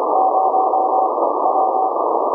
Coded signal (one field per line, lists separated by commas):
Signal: Morse code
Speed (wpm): 25 wpm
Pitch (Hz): 760 Hz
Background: none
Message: 0 W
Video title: HAM RADIO - Remote Rig Audio - Remote Rig Control - live demo of REMOTE SOFTWARE during HF CW QSO